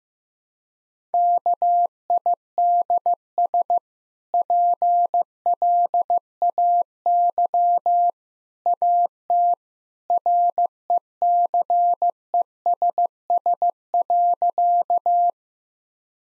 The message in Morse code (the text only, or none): KIDS PLAY AT RECESS.